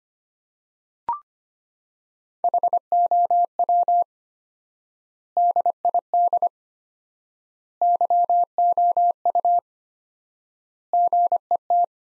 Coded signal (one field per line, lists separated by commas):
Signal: Morse code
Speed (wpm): 25 wpm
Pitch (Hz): 700 Hz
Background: none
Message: HOW DID YOU GET